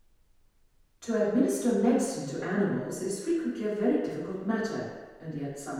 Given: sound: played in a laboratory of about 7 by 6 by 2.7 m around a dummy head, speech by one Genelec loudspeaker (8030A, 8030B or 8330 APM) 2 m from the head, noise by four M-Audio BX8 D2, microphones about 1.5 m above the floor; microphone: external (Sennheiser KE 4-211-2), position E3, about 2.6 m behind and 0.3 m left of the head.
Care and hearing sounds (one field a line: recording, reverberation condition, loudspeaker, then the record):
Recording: female speech in English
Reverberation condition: high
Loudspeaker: 60 degrees to the right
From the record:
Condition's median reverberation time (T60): about 1300 ms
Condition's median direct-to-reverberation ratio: about -4.0 dB